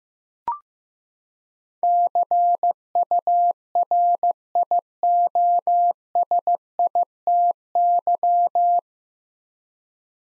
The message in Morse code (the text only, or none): CURIOSITY